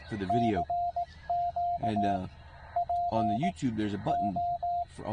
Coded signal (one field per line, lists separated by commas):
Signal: Morse code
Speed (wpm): 18 wpm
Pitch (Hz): 700 Hz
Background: speech, radio noise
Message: CQ PO